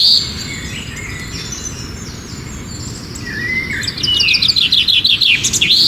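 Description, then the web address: Birds singing, a mix of high chirps and whistled phrases, with a burst of rapid repeated notes near the end over steady low background rumble. Camp sounds. "táborové zvuky Dan - ptáci"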